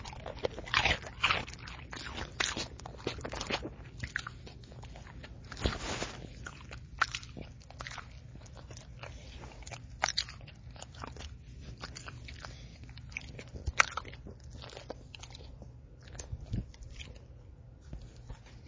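Someone eats crunchy cheese snacks, with sharp, dry crunches and bites that come in clusters, densest in the first few seconds and again around six seconds. Softer chewing and rustling fill the gaps over a low, steady hum.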